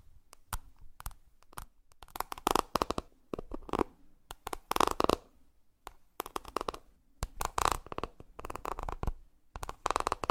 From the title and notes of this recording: ASMR 20+ Makeup Triggers For Sleep ASMR NO TALKING.